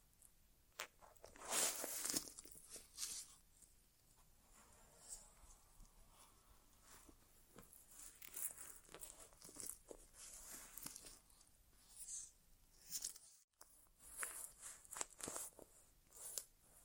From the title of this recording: ASMR Inner Ear Exam (No Talking)